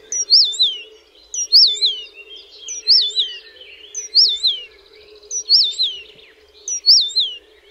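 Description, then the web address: Eurasian penduline tit giving thin, high, descending whistled calls, repeated roughly every one and a half seconds, over a constant low hum. "Przyroda Ptaki Remiz"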